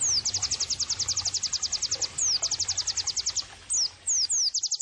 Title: Pleci Gacor. terapi pleci dextro 87 plus masteran kenari sahdu